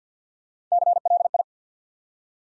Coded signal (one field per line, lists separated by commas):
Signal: Morse code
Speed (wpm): 49 wpm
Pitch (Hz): 700 Hz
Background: none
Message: CLI